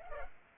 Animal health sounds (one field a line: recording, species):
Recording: mosquito wingbeat signal from an infrared sensor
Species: Culex pipiens